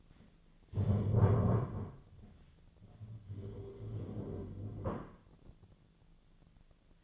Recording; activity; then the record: daily activity, microphone in the room; stand up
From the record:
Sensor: 4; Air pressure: 1008.9 hPa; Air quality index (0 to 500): 170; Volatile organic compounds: 5 ppm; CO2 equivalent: 1713 ppm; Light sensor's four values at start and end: 23/73/28/26 and 23/72/27/26